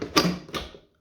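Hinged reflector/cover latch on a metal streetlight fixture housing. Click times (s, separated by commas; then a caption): 0.2 s. A hinged reflector/cover latch on a metal DISCO LPM6 65+20W fluorescent (low pressure mercury vapor) streetlight fixture housing from the 1960s is pushed again after a failed try. A sharp mechanical snap rings out at 0.2 s, followed by a second, softer clatter around 0.5 s. The latch is now seated.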